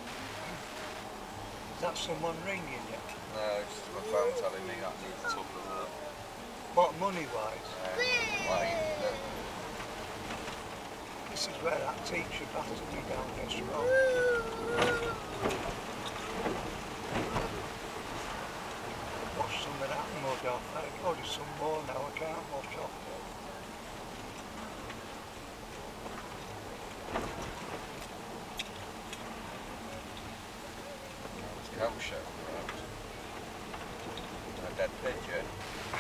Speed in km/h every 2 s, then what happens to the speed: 42, 42, 42, 43, 44, 44, 45, 45, 44, 44, 43, 42, 39, 38, 36, 30, 31, 35.
0-19 steady at about 44. 19-30 slows to 30. 30-36 steady at about 31.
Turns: none.